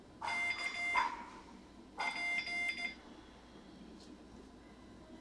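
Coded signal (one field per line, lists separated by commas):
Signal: Morse code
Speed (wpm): 15 wpm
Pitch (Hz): 2100 Hz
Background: none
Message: K P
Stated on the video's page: Morse from an intermediate Morse code class lesson.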